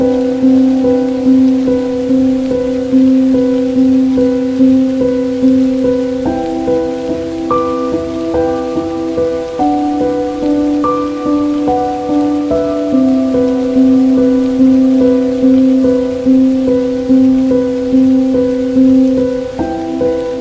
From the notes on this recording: Dark academia atmosphere plus rain